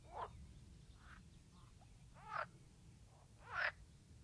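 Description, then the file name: Green frog calling with a few brief, rough croaks, the last one loudest, spaced irregularly across a few seconds above a soft low hum. "grenouille verte"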